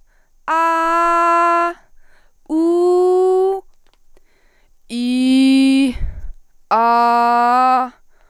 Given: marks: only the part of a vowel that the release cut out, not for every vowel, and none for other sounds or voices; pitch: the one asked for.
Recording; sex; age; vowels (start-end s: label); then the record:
sustained vowels; female; 20 to 29 years
0.61-1.62 s: vowel /a/, high pitch
2.64-3.49 s: vowel /u/, high pitch
5.12-5.83 s: vowel /i/, low pitch
6.82-7.75 s: vowel /a/, low pitch
From the record:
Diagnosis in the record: healthy voice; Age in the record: 21 years